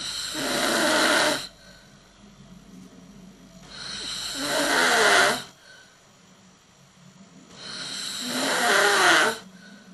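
Snoring from an adult sleeper: loud, harsh breaths recurring about every four seconds, with quiet pauses between.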